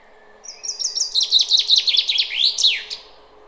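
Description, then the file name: Common chaffinch singing one full phrase: bright repeated notes that speed up and drop in stages, ending in an emphatic twisting flourish; a faint steady low hum runs underneath. "Fringilla coelebs"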